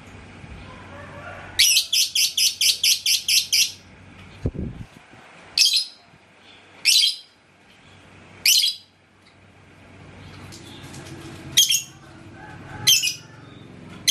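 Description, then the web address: Lovebird calls: a fast run of about ten chirps, then single shrill screeches spaced a second or more apart; a low thump soon after the run. "love-bird suara-lovebird-paud"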